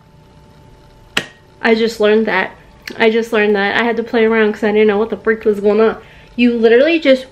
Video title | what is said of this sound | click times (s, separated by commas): HUGE TEMU VACATION SPRING HAUL - MID/PLUS SIZE TRY ON - TEMU FASHION FINDS | like has a little place in here it like locks in place and then you | 1.2 s